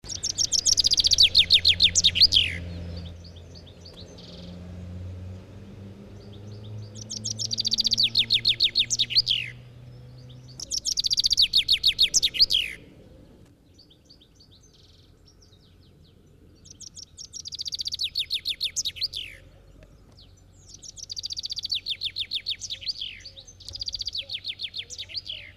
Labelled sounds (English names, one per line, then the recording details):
Common Chaffinch song
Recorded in the wild
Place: Montreux, Kanton Waadt, CH
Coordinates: 46.4311, 6.93861
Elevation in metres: 1053
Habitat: mountains
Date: 1986-05-20
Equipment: Uher 4000 Report, Sennheiser MKH 815 T
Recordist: Tretzel, Erwin